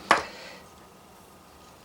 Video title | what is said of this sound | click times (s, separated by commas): Building a Ruston & Hornsby 44/48 diesel in 009 Narrow Gauge from Brooks 3D - The Railway Room | And there's a nice satisfying little click when it's in position properly. | 0.1 s